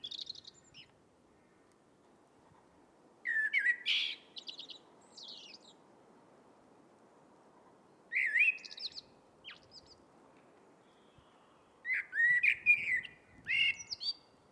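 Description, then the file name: Eurasian blackbird song: the tail of one phrase, then three mellow, fluty warbled phrases, each ending in thin high squeaky notes, separated by pauses of several seconds. "Turdus merula"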